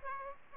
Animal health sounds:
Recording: mosquito wingbeat signal from an infrared sensor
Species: Aedes aegypti

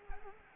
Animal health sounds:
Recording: mosquito wingbeat signal from an infrared sensor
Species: Anopheles arabiensis

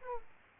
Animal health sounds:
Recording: mosquito wingbeat signal from an infrared sensor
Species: Aedes aegypti

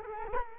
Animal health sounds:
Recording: mosquito wingbeat signal from an infrared sensor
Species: Culex quinquefasciatus

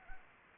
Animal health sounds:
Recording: mosquito wingbeat signal from an infrared sensor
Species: Anopheles arabiensis

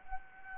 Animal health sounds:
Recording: mosquito wingbeat signal from an infrared sensor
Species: Anopheles gambiae

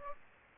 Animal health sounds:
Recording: mosquito wingbeat signal from an infrared sensor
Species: Aedes aegypti

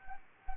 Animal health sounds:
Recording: mosquito wingbeat signal from an infrared sensor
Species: Anopheles gambiae

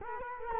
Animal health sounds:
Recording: mosquito wingbeat signal from an infrared sensor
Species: Culex quinquefasciatus

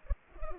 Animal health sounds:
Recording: mosquito wingbeat signal from an infrared sensor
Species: Culex pipiens

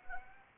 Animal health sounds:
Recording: mosquito wingbeat signal from an infrared sensor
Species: Anopheles arabiensis

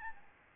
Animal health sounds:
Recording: mosquito wingbeat signal from an infrared sensor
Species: Aedes albopictus

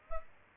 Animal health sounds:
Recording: mosquito wingbeat signal from an infrared sensor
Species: Aedes aegypti

